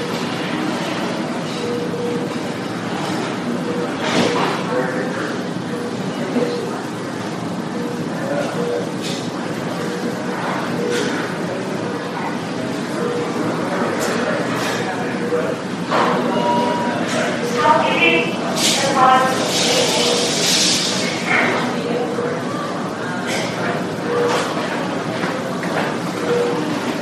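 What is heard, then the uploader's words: Hospital emergency room ambience: a dense, steady murmur of overlapping voices runs throughout, with no single speaker standing out. Short clatters and knocks pop up every few seconds, and around twenty seconds a brief hissing, clattering burst rises above the chatter. Hospital Emergency Room.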